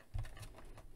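A plastic panel is handled and fitted against the hull of a Hasbro Star Wars Mission Fleet Razor Crest toy spaceship, making soft pattering and rubbing sounds with a low thump near 0.15 s. Nothing has snapped or seated into place yet.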